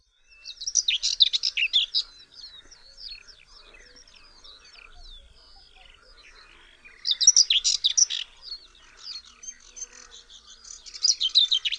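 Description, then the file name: Whinchat song: short, scratchy, chattering phrases separated by softer, thin chirps. "POKLASKWA"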